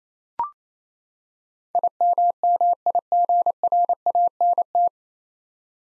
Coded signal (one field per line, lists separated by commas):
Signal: Morse code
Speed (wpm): 28 wpm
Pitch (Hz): 700 Hz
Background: none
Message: IMMIGRANT